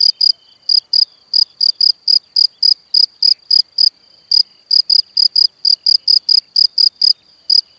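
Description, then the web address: Cricket song of high, pure chirps in quick runs, with short irregular pauses between bursts, against a quiet background. "Kurs PTTK Przyroda Ptaki Świerszcze"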